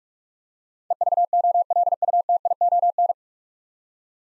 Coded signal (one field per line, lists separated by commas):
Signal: Morse code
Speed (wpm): 44 wpm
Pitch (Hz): 700 Hz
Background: none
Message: EVOLUTION